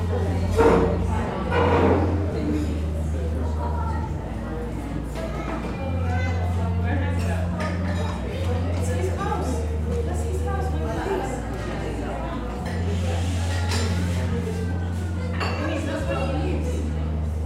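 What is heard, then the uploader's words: Coffee shop ambience with a steady murmur of overlapping chatter throughout. A low machine hum runs underneath, switching on and off in long stretches, and faint clinks of cups surface now and then, with a brighter burst of voices near the start. Cozy Coffee Shop Ambiance. The bustling ambiance of an English seaside town coffee shop. The sounds of clinking cups, whirring espresso machines, and lively chatter. This binaural field recording captures the vibrant atmosphere of a busy coffee shop.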